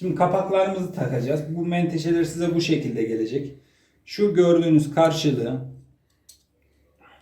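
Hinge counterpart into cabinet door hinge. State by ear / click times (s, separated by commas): seated / 6.3 s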